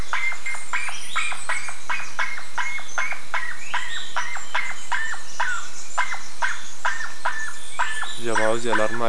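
Bird calls: steady stream of short, coarse chirps repeated a few times per second, ending with a lower, buzzing, rattling call in the last second.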